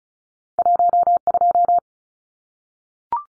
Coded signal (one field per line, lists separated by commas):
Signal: Morse code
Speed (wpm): 34 wpm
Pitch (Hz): 700 Hz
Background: none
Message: 12